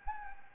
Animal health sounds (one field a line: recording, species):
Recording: mosquito wingbeat signal from an infrared sensor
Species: Anopheles gambiae